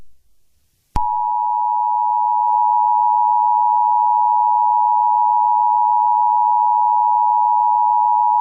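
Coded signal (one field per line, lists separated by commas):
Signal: Emergency Alert System (SAME) tones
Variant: 853 and 960 Hz attention tone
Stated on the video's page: Fictional EAS scenario.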